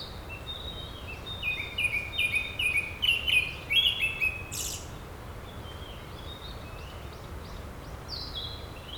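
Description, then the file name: Japanese thrush singing loud whistled and slurred phrases for a few seconds, then quieter higher notes trailing off against a low background hiss. "kurotugumi"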